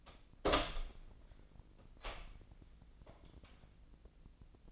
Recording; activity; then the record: daily activity, microphone in the room; open door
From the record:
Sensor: 5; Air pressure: 1009.3 hPa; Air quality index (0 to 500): 168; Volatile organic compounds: 2 ppm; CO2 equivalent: 1282 ppm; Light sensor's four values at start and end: 158/374/159/172 and 158/375/159/172